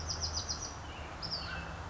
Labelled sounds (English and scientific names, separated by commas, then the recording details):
Bewick's Wren (Thryomanes bewickii)
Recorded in Sonoma County, California